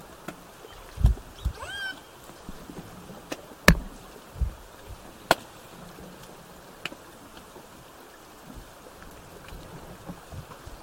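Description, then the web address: Killer whale call, a short harmonic call sweeping up and down. Frequent sharp clicks and snapping sounds run throughout, with low rumbling underneath. Southern Resident killer whales with a calf, 17 September 2024 at 17:00. "biophony SRKW bouts 240917-1700-OS-L 90 calf"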